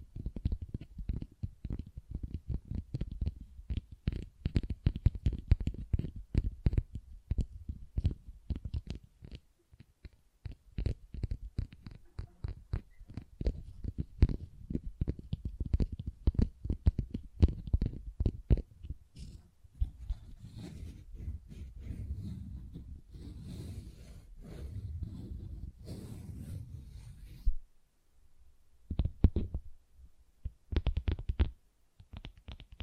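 Tapping and scratching on textured surfaces, starting with quick, dense taps that run nearly nonstop for the first twenty seconds. Around the twentieth second it shifts to a steadier, brighter scratching, then drops almost silent near 28 seconds before a few scattered taps return.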